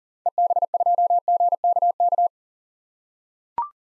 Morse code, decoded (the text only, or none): EB2GKK